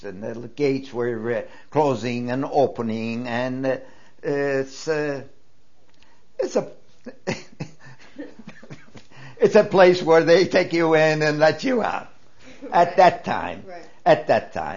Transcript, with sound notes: And the gates were closing and opening and it's, it's ( he laughs ) it's a place where they take you in and let you out, at that time, at that time.